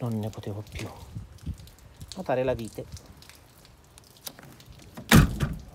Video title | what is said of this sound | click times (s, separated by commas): Riparare i sedili della Panda 900ie, grazie al video di @analogicrider :) | va bene non si blocca | none